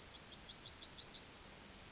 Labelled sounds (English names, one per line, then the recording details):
Yellowhammer song
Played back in grassland
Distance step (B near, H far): C
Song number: 122